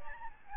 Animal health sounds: mosquito wingbeat signal from an infrared sensor; Aedes albopictus

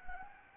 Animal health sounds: mosquito wingbeat signal from an infrared sensor; Anopheles gambiae

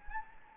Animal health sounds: mosquito wingbeat signal from an infrared sensor; Anopheles gambiae

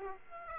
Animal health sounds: mosquito wingbeat signal from an infrared sensor; Aedes aegypti

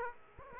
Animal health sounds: mosquito wingbeat signal from an infrared sensor; Aedes aegypti

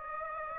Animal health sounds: mosquito wingbeat signal from an infrared sensor; Aedes aegypti

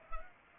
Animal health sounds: mosquito wingbeat signal from an infrared sensor; Culex pipiens

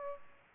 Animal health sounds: mosquito wingbeat signal from an infrared sensor; Aedes aegypti

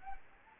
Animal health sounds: mosquito wingbeat signal from an infrared sensor; Anopheles arabiensis

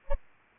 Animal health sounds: mosquito wingbeat signal from an infrared sensor; Anopheles arabiensis

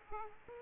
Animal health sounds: mosquito wingbeat signal from an infrared sensor; Aedes aegypti

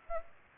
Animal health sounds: mosquito wingbeat signal from an infrared sensor; Aedes aegypti

